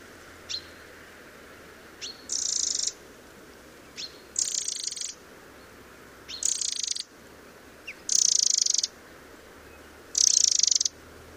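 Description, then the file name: Eurasian wren giving harsh, high rattling calls: five short churring bursts roughly two seconds apart, most preceded by a sharp tick. "Troglodytes troglodytes"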